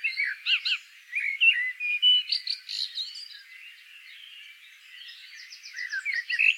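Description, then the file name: Common blackbird song: varied warbled phrases mixing fluty notes and thin twittering, with short pauses between bursts, quieter stretch midway. "Turdus merula"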